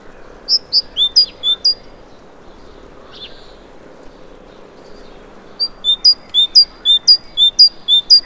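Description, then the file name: Great tit with bright, piercing two-pitch whistles, a short burst at the start, a pause, then a longer run of the same alternating notes. "Parus major"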